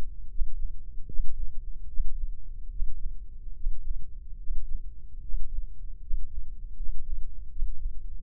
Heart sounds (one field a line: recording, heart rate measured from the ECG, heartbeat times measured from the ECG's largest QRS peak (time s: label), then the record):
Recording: heart sounds by microphone in the left ear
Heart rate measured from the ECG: 76 bpm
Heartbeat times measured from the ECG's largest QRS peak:
0.29 s: heartbeat
1.07 s: heartbeat
1.87 s: heartbeat
2.69 s: heartbeat
3.54 s: heartbeat
4.38 s: heartbeat
5.21 s: heartbeat
6.00 s: heartbeat
6.76 s: heartbeat
7.49 s: heartbeat
8.20 s: heartbeat
From the record:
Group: healthy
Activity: Valsalva maneuver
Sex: male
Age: 24 years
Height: 184 cm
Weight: 89 kg